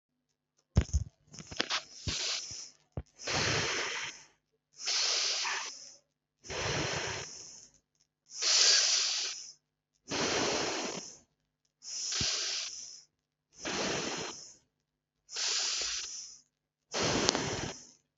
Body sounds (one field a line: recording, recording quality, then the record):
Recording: deep breathing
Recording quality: excellent, no background noise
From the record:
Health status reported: healthy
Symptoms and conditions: none ticked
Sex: male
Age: 25 years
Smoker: not ticked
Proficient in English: yes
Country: India